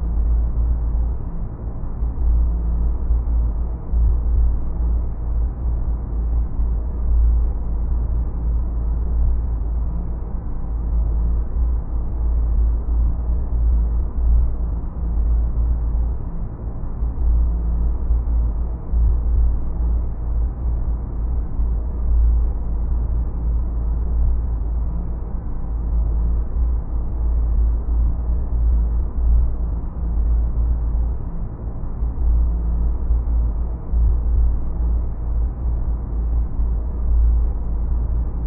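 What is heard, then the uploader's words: A spaceship cabin's low, steady hum with engines pulsing softly underneath, dark and muffled, holding constant throughout with no distinct events. SPACESHIP AMBIENCE. You hear the low hum of the spaceship's cabin and the futuristic engines pulsing.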